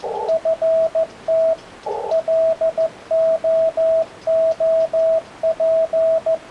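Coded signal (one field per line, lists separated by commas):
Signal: Morse code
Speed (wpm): 14 wpm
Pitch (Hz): 650 Hz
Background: radio noise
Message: FT LOOP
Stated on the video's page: 40 m CW QSO on an ICOM IC-7300, on-air demo.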